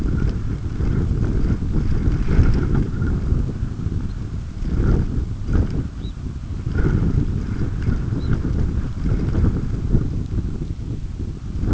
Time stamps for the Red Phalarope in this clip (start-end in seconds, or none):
3.98-4.17, 5.88-6.20, 8.07-8.34